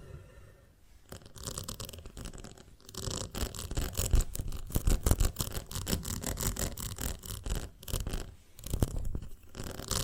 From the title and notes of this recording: ASMR of a Honeycomb on Branch (No Talking).